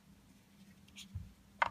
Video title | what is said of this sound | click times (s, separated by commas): Fun Learning Daniel Tiger’s Neighbourhood Toys! | and it pops right in there. | 1.6 s